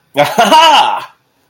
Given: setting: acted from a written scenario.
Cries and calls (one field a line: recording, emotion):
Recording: vocal sound without words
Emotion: triumph